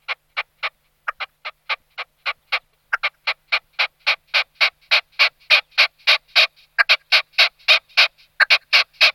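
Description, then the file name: Red-legged partridge calling, a rapid series of harsh chuck notes, about three or four a second, growing louder. "orebice-rudá"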